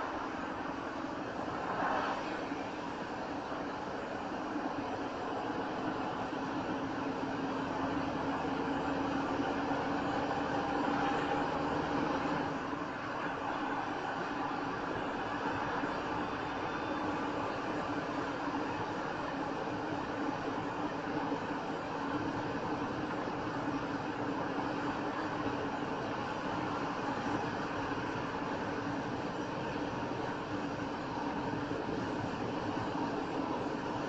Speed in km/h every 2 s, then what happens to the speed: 64, 64, 66, 68, 71, 72, 72, 76, 77, 79, 81, 81, 84, 84, 85, 85, 85.
0-24 speeds up to 84. 24-34 steady at about 85.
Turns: none.